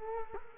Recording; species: mosquito wingbeat signal from an infrared sensor; Culex quinquefasciatus